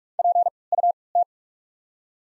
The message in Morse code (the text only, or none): P U T